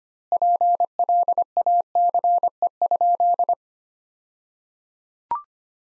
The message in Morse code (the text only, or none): PLACE?